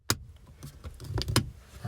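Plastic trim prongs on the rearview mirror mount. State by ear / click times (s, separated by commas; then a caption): seated / 0.1 s. On a 2011 Audi S5, the two plastic prongs of the rearview mirror trim piece are pressed in front of a plastic tab on the mirror mount until they click in at 0.1 s. Softer taps and rattles follow, with another sharp snap near 1.4 s. The prongs are seated.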